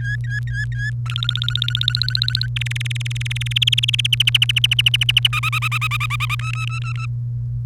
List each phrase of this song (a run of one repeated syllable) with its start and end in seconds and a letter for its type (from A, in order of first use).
0.00-0.90 A, 1.06-2.46 B, 2.56-4.15 C, 4.20-5.28 D, 5.33-6.35 E, 6.39-7.06 F